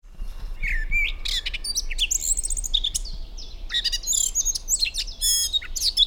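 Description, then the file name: Eurasian blackcap song, a rich rapid warble of varied whistled and scratchy notes, continuous, over a low rumbling background. "Sylvia atricapilla"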